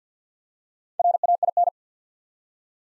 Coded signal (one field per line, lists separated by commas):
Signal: Morse code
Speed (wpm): 50 wpm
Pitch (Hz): 700 Hz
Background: none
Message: RAIN